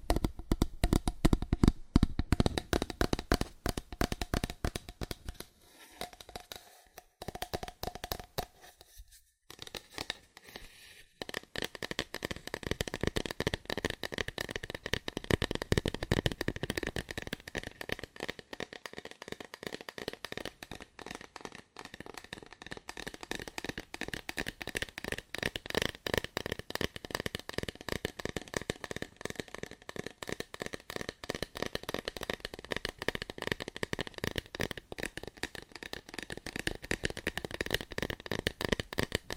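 Fast, aggressive tapping on cardboard in dense rapid bursts, briefly thinning around five to ten seconds, then relentless with a dull papery rattle.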